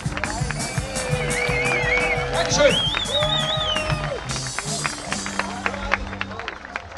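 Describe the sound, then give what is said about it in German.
A lively crowd at the Burg Herzberg festival claps in a steady rhythm and sings along loudly over loud band music, voices swelling together with bright, wavering melodic lines on top. “Die Besucher tanzen, klatschen und singen lautstark mit.”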